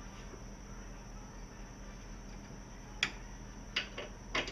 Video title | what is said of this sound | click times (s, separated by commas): 2001 Neon XVIII: Replace passenger side engine mount | didn't snap but I do them each a little bit | none